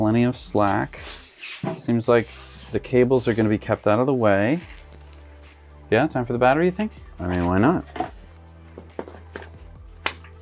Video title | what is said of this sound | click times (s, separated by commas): We Made This Into an eBike?? - Swytch eBike Conversion Kit | okay clicked in | 10.1 s